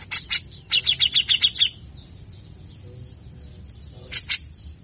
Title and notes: MASTERAN CUCAK JENGGOT GACOR FULL BESETAN KASAR DURASI PANJANG. pancingan dan masteran cucak jenggot malas. Burung cucak jenggot